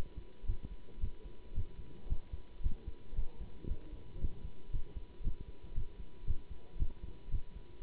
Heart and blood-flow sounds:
heart sounds by stethoscope; between the tricuspid and mitral areas; 114 bpm
0.45 s: heartbeat
0.99 s: heartbeat
1.53 s: heartbeat
2.07 s: heartbeat
2.61 s: heartbeat
3.14 s: heartbeat
3.67 s: heartbeat
4.19 s: heartbeat
4.71 s: heartbeat
5.22 s: heartbeat
5.73 s: heartbeat
6.25 s: heartbeat
6.77 s: heartbeat
7.30 s: heartbeat
7.82 s: heartbeat
From the record:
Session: Bruce protocol treadmill stress test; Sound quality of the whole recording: good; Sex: male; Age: 24 years

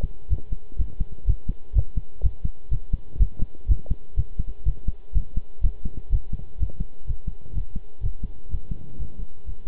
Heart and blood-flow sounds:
heart sounds by stethoscope; between the tricuspid and mitral areas; 124 bpm
0.30 s: heartbeat
0.78 s: heartbeat
1.26 s: heartbeat
1.75 s: heartbeat
2.22 s: heartbeat
2.70 s: heartbeat
3.19 s: heartbeat
3.68 s: heartbeat
4.16 s: heartbeat
4.65 s: heartbeat
5.14 s: heartbeat
5.63 s: heartbeat
6.11 s: heartbeat
6.59 s: heartbeat
7.06 s: heartbeat
7.54 s: heartbeat
8.02 s: heartbeat
8.50 s: heartbeat
8.98 s: heartbeat
9.46 s: heartbeat
From the record:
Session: pedaling a stationary bicycle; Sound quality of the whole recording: good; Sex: male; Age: 23 years

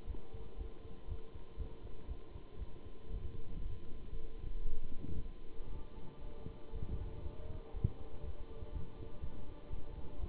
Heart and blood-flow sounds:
heart sounds by stethoscope; between the tricuspid and mitral areas; 119 bpm
0.06 s: heartbeat
0.57 s: heartbeat
1.07 s: heartbeat
1.57 s: heartbeat
2.07 s: heartbeat
2.58 s: heartbeat
3.09 s: heartbeat
3.60 s: heartbeat
4.11 s: heartbeat
4.64 s: heartbeat
5.17 s: heartbeat
5.69 s: heartbeat
6.20 s: heartbeat
6.72 s: heartbeat
7.22 s: heartbeat
7.73 s: heartbeat
8.22 s: heartbeat
8.72 s: heartbeat
9.20 s: heartbeat
9.69 s: heartbeat
10.18 s: heartbeat
From the record:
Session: Bruce protocol treadmill stress test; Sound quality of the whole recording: good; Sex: male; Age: 23 years

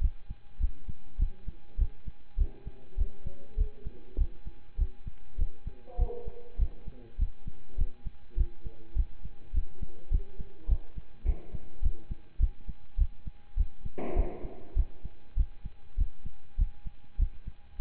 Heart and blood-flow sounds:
heart sounds by stethoscope; between the tricuspid and mitral areas; 101 bpm
0.01 s: heartbeat
0.60 s: heartbeat
1.18 s: heartbeat
1.78 s: heartbeat
2.37 s: heartbeat
2.97 s: heartbeat
3.57 s: heartbeat
4.17 s: heartbeat
4.78 s: heartbeat
5.38 s: heartbeat
5.98 s: heartbeat
6.58 s: heartbeat
7.18 s: heartbeat
7.77 s: heartbeat
8.37 s: heartbeat
8.95 s: heartbeat
9.53 s: heartbeat
10.11 s: heartbeat
10.68 s: heartbeat
11.25 s: heartbeat
11.82 s: heartbeat
12.39 s: heartbeat
12.97 s: heartbeat
13.56 s: heartbeat
14.15 s: heartbeat
14.76 s: heartbeat
15.36 s: heartbeat
15.97 s: heartbeat
16.58 s: heartbeat
17.18 s: heartbeat
17.79 s: heartbeat
From the record:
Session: pedaling a stationary bicycle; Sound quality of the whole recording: partially saturated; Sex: male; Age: 27 years

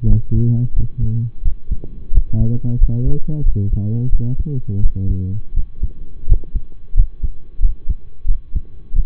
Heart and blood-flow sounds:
heart sounds by stethoscope; between the tricuspid and mitral areas; 88 bpm
0.06 s: heartbeat
0.73 s: heartbeat
1.42 s: heartbeat
2.11 s: heartbeat
2.78 s: heartbeat
3.43 s: heartbeat
4.09 s: heartbeat
4.80 s: heartbeat
5.53 s: heartbeat
6.26 s: heartbeat
6.94 s: heartbeat
7.59 s: heartbeat
8.25 s: heartbeat
8.93 s: heartbeat
From the record:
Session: rest, lying down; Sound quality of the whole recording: partially saturated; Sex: male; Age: 25 years

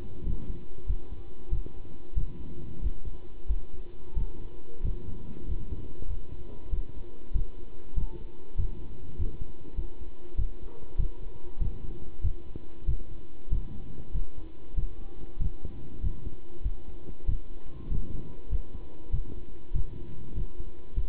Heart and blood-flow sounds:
heart sounds by stethoscope; between the tricuspid and mitral areas; 96 bpm
0.26 s: heartbeat
0.88 s: heartbeat
1.52 s: heartbeat
2.16 s: heartbeat
2.83 s: heartbeat
3.49 s: heartbeat
4.16 s: heartbeat
4.84 s: heartbeat
5.48 s: heartbeat
6.09 s: heartbeat
6.72 s: heartbeat
7.34 s: heartbeat
7.96 s: heartbeat
8.58 s: heartbeat
9.18 s: heartbeat
9.77 s: heartbeat
10.38 s: heartbeat
10.98 s: heartbeat
11.61 s: heartbeat
12.23 s: heartbeat
12.87 s: heartbeat
13.51 s: heartbeat
14.14 s: heartbeat
14.77 s: heartbeat
15.40 s: heartbeat
16.03 s: heartbeat
16.64 s: heartbeat
17.28 s: heartbeat
17.90 s: heartbeat
18.51 s: heartbeat
19.12 s: heartbeat
19.74 s: heartbeat
20.36 s: heartbeat
20.96 s: heartbeat
From the record:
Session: pedaling a stationary bicycle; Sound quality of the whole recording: good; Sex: male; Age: 27 years

